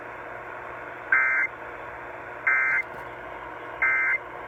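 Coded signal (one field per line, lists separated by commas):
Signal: Emergency Alert System (SAME) tones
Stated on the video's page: Flood-related EAS alerts from a compilation.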